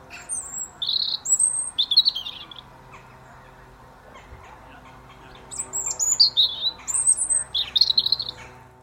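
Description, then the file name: European robin song: thin high warbled phrases with sweet whistles and twittering trills in two bursts separated by a pause; faint steady hum underneath. "Erithacus rubecula"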